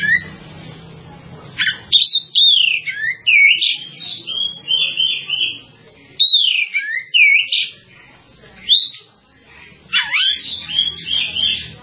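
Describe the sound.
Bird song: loud whistled and warbled phrases with swooping notes, repeated in bursts with short breaks, over a soft low hum.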